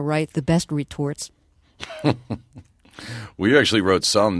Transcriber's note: soundbite of laughter